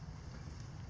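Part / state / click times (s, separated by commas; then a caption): front CV axle shaft into transaxle differential side gear / not seated / none. A replacement front CV axle shaft with lubed splines is handled at the transaxle differential side gear on a Galant VR4, being eased in without twisting too much so its steel retaining circlip can snap home. For 0.9 seconds there is only a steady low rumble and broadband noise, with no distinct impacts. Nothing has seated or clicked yet.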